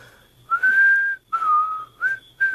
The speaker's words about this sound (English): Will you show me how to do that? What, whistle? Yeah. Easiest thing in the world. Just watch me. I'll show you how.